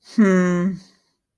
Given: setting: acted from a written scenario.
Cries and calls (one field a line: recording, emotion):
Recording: vocal sound without words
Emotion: neutral